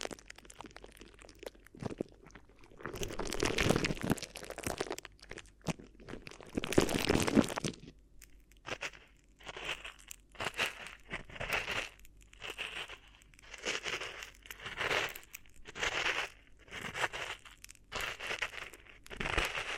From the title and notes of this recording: ASMR Addictive Crinkly Ear Massage (No Talking).